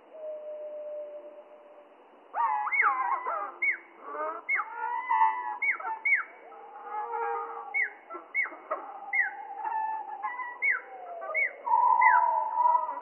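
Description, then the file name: Spotted flycatcher song slowed heavily: a low steady tone first, then after two seconds a busy stream of falling swoops and wavering whistles. Song slowed down three octaves; mono. "GOBE MOUCHE GRIS MOINS TROIS OCTAVES MONO"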